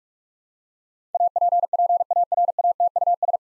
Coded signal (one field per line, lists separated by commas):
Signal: Morse code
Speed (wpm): 42 wpm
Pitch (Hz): 700 Hz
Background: none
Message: APPARATUS